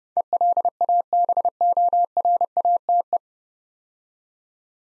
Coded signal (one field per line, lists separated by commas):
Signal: Morse code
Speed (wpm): 30 wpm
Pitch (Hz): 700 Hz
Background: none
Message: ELABORATE